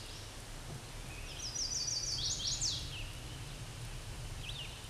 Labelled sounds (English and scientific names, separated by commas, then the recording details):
Chestnut-sided Warbler (Setophaga pensylvanica) song
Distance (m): 20 m
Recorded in a Pennsylvania forest on 17 May 2023 at 11:48
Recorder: AudioMoth, point grid1_19_low
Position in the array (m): 111 m, 217 m